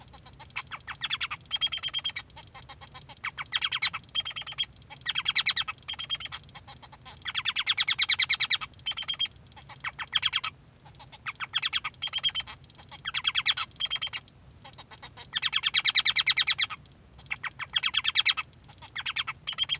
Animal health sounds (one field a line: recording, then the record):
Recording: song of a male Bengalese finch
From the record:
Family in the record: son of father 3